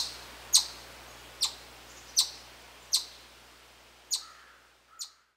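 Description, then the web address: Chipmunk chip calls, six sharp high chips, with soft lower notes near the finish. "sound Tamias"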